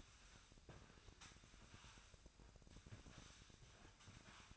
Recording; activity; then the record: daily activity, microphone in the room; sweep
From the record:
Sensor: 2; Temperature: 24.5 degrees Celsius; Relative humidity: 39.5%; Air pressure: 1003.0 hPa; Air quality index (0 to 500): 199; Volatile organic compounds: 6 ppm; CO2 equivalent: 1891 ppm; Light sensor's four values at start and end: 13/31/13/15 and 13/31/13/15